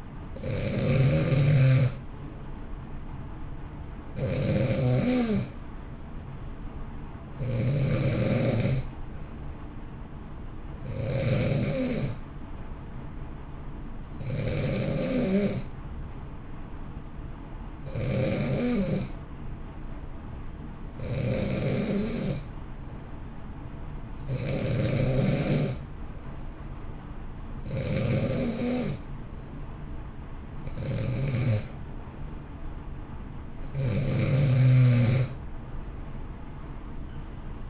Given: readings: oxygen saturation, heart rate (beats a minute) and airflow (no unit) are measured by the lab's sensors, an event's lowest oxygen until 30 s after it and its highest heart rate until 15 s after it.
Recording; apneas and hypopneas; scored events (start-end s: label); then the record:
breathing in sleep by a smartphone at the bedside; none
none scored
From the record:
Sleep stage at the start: N2 (light sleep); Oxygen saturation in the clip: 89 to 91%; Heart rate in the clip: 58 to 64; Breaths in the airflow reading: 11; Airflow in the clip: -1.0 to 1.5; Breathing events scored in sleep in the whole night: 328 in 6.3 hours asleep